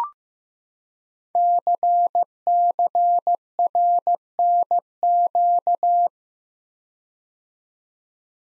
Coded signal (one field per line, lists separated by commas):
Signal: Morse code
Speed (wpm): 15 wpm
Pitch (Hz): 700 Hz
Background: none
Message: CCRNQ